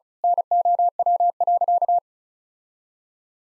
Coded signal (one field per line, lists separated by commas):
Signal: Morse code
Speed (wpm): 34 wpm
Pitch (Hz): 700 Hz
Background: none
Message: NOW.